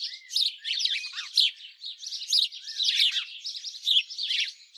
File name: Passer domesticus